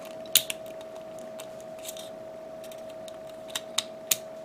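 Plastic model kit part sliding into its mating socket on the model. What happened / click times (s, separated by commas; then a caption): The plastic part snapped into its notch / 4.1 s. A modified plastic part on a 1/144 Gundam model kit, its inside cut out so it can slide, is slid down along its guide toward its mating notch. Sharp little plastic clicks and ticks sound at about 0.4, 0.5, 3.6 and 3.8 seconds over a steady faint hum. A final crisp snap at 4.1 seconds marks the part seating into the notch.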